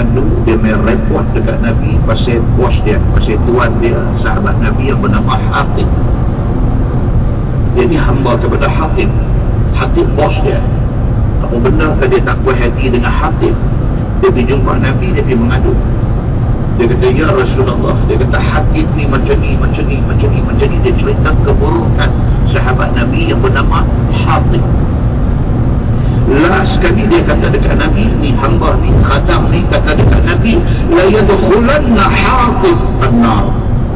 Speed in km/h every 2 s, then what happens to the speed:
144, 146, 146, 147, 147, 147, 147, 149, 150, 152, 154, 156, 157, 157, 156, 157, 152.
0-34 steady at about 150.